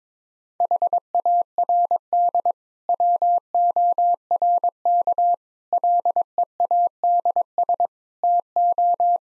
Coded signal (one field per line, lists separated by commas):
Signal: Morse code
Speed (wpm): 22 wpm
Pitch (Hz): 700 Hz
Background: none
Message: HARD WORK LEADS TO